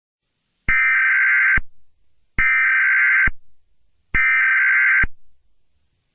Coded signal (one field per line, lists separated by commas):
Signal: Emergency Alert System (SAME) tones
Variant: header bursts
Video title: EAS Scenario #14: Bubble Guppies